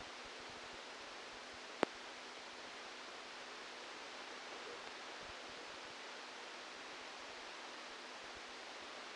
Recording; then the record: brain microelectrode recording played as sound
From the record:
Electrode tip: outside the subthalamic nucleus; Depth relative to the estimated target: -4 mm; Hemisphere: left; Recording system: NeuroSet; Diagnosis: Parkinson's disease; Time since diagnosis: 12 years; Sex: male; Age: 61 years